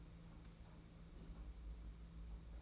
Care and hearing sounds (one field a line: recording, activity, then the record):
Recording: daily activity, microphone in the room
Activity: place on stove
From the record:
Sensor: 1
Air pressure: 992.0 hPa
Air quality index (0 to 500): 217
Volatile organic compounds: 1000 ppm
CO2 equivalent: 8469 ppm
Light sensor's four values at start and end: 21/75/29/29 and 21/75/29/29